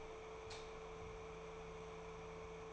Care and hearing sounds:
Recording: daily activity, microphone in the room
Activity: light off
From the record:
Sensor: 1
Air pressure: 1014.8 hPa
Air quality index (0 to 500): 188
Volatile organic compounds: 19 ppm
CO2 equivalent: 2661 ppm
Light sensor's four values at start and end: 14/40/15/17 and 10/25/10/11

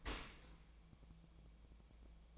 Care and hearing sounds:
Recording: daily activity, microphone in the room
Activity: open dishwasher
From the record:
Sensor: 1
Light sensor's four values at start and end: 11/26/11/12 and 11/26/11/12

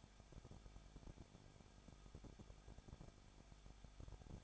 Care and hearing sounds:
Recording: daily activity, microphone in the room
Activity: no activity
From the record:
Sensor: 5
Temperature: 20.9 degrees Celsius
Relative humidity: 35.0%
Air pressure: 994.7 hPa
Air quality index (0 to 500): 154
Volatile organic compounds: 2 ppm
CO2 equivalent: 1284 ppm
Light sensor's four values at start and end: 2/3/1/1 and 2/3/1/1

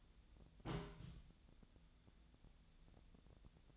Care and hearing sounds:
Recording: daily activity, microphone in the room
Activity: place on stove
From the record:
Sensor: 3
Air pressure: 1010.0 hPa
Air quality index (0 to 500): 186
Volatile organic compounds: 13 ppm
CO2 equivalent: 2425 ppm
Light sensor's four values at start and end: 40/100/43/46 and 40/99/42/45

